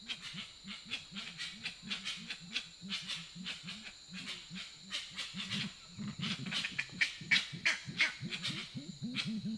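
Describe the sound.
Grey-winged trumpeter uttering a long run of low, quick hollow hoots, nearly three per second, mixed with dense crackling clicks and a constant high-pitched background hiss.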